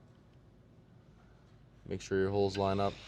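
An EGR upgrade kit plate for a 2026 Ford 6.7L Powerstroke is lined up over the engine valve cover, O-ring side up, with its holes aligned before it is pushed home. Quiet low background for about 1.9 seconds, then someone talks. Nothing has seated or clicked yet.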